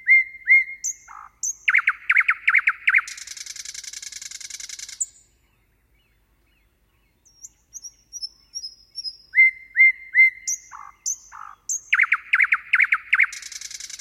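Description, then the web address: Common nightingale song with sharp whistled notes and a loud throaty rattle, then a long buzzy trill. A silence follows, then high thin notes and the rattling phrase again. "Nattergal"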